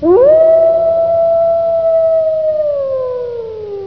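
Wolf howl: a single long, steady tonal note that swoops up at the start, holds level, then slowly falls away over about four seconds, with no other sounds.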